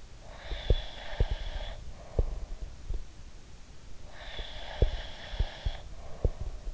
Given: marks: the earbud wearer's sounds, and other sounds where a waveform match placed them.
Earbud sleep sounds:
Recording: sounds in sleep by an in-ear microphone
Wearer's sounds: breath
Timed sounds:
0.20-2.74 s: breath
0.47-2.98 s: sound from someone else or the room
4.03-6.74 s: breath
4.32-6.74 s: sound from someone else or the room

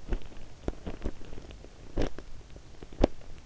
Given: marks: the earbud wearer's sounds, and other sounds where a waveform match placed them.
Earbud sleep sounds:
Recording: sounds in sleep by an in-ear microphone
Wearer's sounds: teeth grinding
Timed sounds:
0.00-3.32 s: teeth grinding

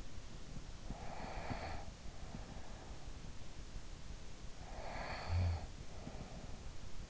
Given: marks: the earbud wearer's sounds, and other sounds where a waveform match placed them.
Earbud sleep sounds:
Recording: sounds in sleep by an in-ear microphone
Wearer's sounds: breath, snoring breath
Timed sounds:
0.51-3.54 s: breath
4.30-7.10 s: snoring breath

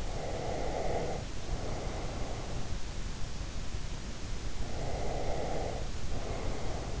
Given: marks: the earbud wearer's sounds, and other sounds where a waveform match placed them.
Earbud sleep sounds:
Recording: sounds in sleep by an in-ear microphone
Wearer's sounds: breath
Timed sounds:
0.08-2.67 s: breath
4.61-7.00 s: breath

